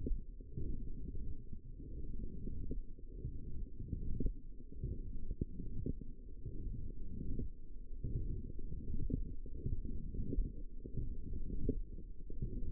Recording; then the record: forearm muscle sounds (acoustic myography)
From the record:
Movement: forearm supination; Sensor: system 1, eight BSWA MPA416 microphones around the upper forearm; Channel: 8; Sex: female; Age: 20 years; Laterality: right